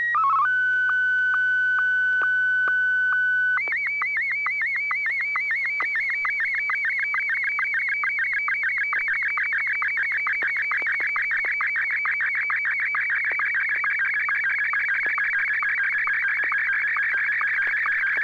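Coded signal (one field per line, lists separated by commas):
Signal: SSTV (slow-scan television)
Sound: brief warbling header tones, a steady tone, then a long rhythmic buzzing warble with regular clicks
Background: low hum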